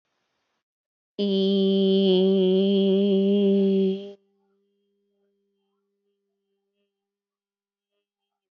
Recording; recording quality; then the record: sustained vowel as in beet; excellent, no background noise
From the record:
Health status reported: healthy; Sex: female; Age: 36 years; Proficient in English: yes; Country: India